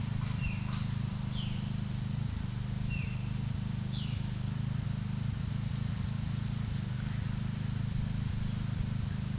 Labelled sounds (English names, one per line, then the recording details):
Violaceous Jay
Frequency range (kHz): Violaceous Jay 1.6-3.9 kHz
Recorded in pastures near Puerto Asís, Putumayo, Colombia, on 27 June 2025 at 14:00
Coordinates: 0.497, -76.327
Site G040